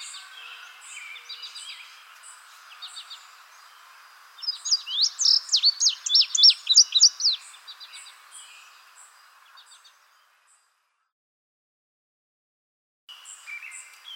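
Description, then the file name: Indigo bunting song, a loud run of sweeping high slurred notes in the middle, with fainter twittering before and after and a brief silent gap. "suara kicauan burung indigo bunting. omkicau"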